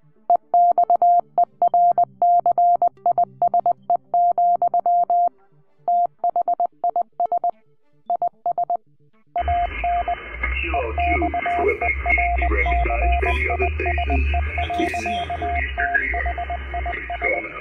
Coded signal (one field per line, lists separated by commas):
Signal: Morse code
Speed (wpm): 20 wpm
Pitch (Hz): 700 Hz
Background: speech, music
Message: EXERCISE, THIS IS AN EXERCISE. THIS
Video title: Radio Amateurs Demonstrating Emergency Messaging Capabilities for Red Cross, FEMA